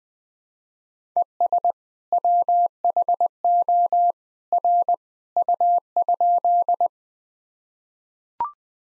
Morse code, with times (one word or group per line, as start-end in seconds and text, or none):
1.2-1.7 ES
2.1-4.1 WHO
4.5-4.9 R
5.4-6.9 U?